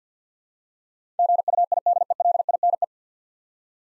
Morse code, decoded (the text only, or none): GUIDELINE